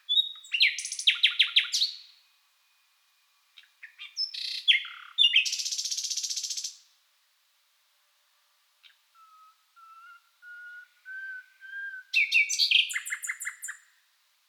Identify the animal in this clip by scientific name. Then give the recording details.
Luscinia megarhynchos. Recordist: Frommolt, Karl-Heinz